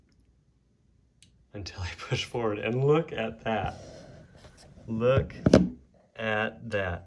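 A wooden Ravenclaw wand, sitting loosely in an oversized hole in its socket in a puzzle chest, is pushed forward and clicks home at 1.2 s, seating in place. Someone then talks, reacting to what happens in the chest.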